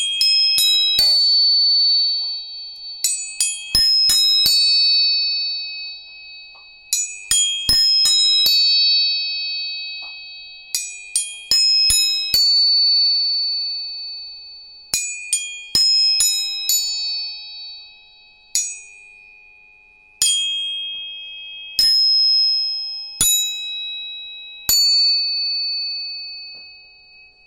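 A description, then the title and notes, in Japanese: Tuning forks are struck again and again, each sharp metallic tap opening into a clear, high ringing tone that slowly fades. Strikes come in small clusters about every four seconds, with a steady bright hum lingering underneath. 音叉チューニング。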